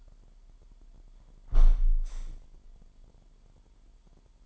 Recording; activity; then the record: daily activity, microphone in the room; close window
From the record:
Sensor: 5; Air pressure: 998.6 hPa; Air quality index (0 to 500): 104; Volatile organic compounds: 2 ppm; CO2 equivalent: 1202 ppm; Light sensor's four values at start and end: 35/87/36/41 and 35/87/36/41